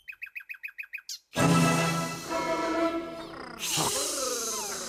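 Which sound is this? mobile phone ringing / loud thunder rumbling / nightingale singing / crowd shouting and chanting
nightingale singing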